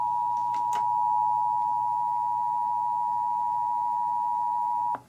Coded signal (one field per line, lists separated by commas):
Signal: Emergency Alert System (SAME) tones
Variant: 853 and 960 Hz attention tone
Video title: EAS #912: Child Abduction Emergency | TV via WTOP